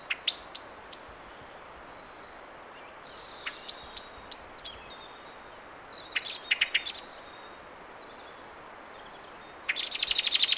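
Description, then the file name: Common blackbird giving sharp, high clicking chink calls in short bursts, pausing between groups, ending with a rapid rattling chatter. "Turdus merula"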